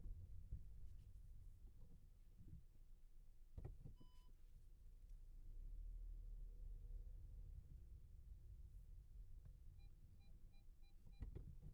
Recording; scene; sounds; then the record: everyday scene through a hearing-aid microphone; in a vehicle; engine, rumble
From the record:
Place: Skoda Fabia, gasoline engine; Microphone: behind the ear, left, front